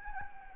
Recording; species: mosquito wingbeat signal from an infrared sensor; Anopheles gambiae